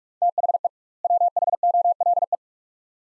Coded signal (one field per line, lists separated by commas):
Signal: Morse code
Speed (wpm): 47 wpm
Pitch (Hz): 700 Hz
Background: none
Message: THE WHOLE